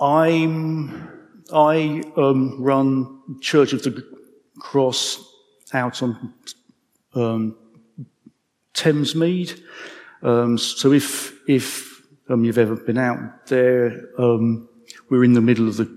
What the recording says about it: As you'll hear, I have a stammer. I'm 55.